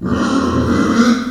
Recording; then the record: squeal of a Yucatan mini pig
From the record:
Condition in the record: after surgery on the right vocal fold (resection and tissue-engineered implant); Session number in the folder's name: 7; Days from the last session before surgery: 47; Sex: female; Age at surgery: 19 weeks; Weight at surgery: 25 kg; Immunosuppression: prednisolone